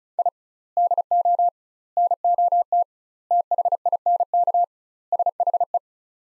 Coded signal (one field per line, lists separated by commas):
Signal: Morse code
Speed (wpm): 36 wpm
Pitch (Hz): 700 Hz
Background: none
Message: I DO NOT THINK SHE